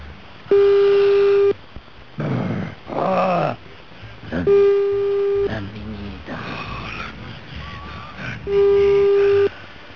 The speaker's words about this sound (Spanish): Ahí la estamos llamando, atención.